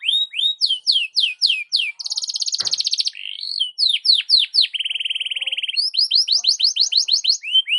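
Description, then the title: Belgian canary song of quick slurred whistled notes repeated in series, mixed with dense buzzy trills and rolls, delivered continuously. Belgian canary morning song, used to warm up canaries and suited for tutoring other birds (masteran). "Canto Para Esquentar Canário Belga. SUARA BURUNG KENARI DI PAGI HARI COCOK BUAT MASTERAN"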